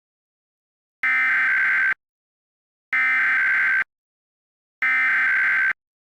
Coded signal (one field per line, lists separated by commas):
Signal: Emergency Alert System (SAME) tones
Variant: header bursts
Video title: Pennsylvania Required Monthly Test September 15, 2022 (Zachary Reynolds EAS Screen)